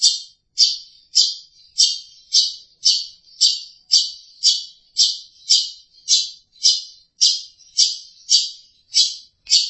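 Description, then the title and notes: Long-tailed Shrike repeating a harsh, rasping note about every half second, many times in a steady rhythm. Dated March 2017 (201703). "Pentet 201703. Suara burung pentet"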